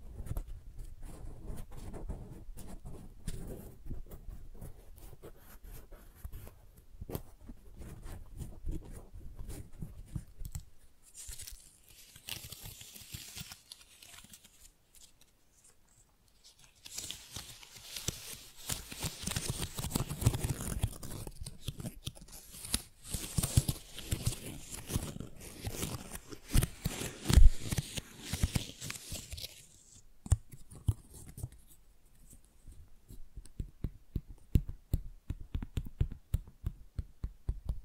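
Flowers are handled with soft crinkling, rustling and scratching, a dense run of tiny crackles. After a brief lull near the middle, a louder, brighter stretch of rustling follows, with a sharp snap partway through. It ends in quieter, low tapping.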